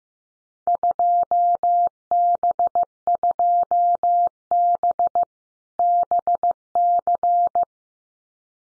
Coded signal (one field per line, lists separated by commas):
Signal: Morse code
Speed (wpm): 15 wpm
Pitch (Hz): 700 Hz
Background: none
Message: 2B2B BC